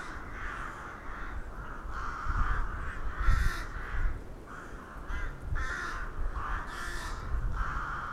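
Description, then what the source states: Crows giving loud, grating caws in uneven bursts, many birds overlapping, with low background rumble between the calls. Crows recorded in Hernals, Vienna, in December 2021.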